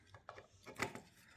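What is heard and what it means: A printed plastic base is pressed onto a floating-cross frame, giving a few light knocks and taps as the tight fit is worked on. A bump seats it with a sharp snap at 0.8 s, followed by a softer tap.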